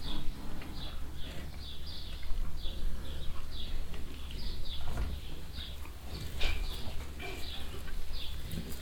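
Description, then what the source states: Cows eating at a trough, with a steady wet clicking of mouths and tongues, occasional metallic clanks, and a constant low hum underneath. Many cows standing close together at a trough in a cowshed in the evening, Wahlhausen; mouths and tongues heard, with metallic rattling of the trough as the cows move.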